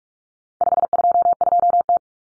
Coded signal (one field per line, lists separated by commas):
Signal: Morse code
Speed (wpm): 44 wpm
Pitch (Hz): 700 Hz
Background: none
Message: 522T